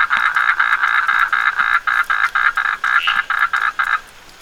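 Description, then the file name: Asian common toad calling, a rapid series of short, buzzy, trilled pulses, each a rough purring burst, stopping near the end. "Duttaphrynus melanostictus"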